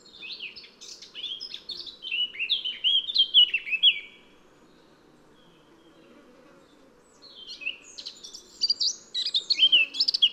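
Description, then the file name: Eurasian blackcap song in two bursts of varied, tumbling warbled notes separated by a few seconds of silence, over a soft background hum. "Sylvia atricapilla"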